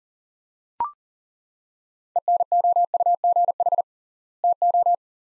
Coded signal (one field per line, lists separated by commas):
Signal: Morse code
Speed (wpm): 40 wpm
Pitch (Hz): 700 Hz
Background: none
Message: ENOUGH TO